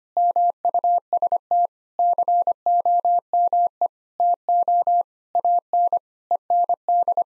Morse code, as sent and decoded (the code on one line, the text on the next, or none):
-- ..- ... - / -.-. --- -- . / - --- / .- -. / . -. -..
MUST COME TO AN END